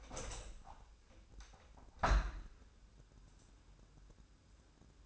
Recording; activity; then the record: daily activity, microphone in the room; open window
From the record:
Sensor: 2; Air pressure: 1000.3 hPa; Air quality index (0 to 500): 135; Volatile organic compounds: 2 ppm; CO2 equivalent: 1130 ppm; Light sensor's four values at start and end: 11/29/11/13 and 11/31/12/14